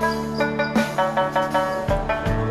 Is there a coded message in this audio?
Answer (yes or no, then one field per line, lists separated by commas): no